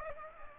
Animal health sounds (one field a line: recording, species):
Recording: mosquito wingbeat signal from an infrared sensor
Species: Aedes aegypti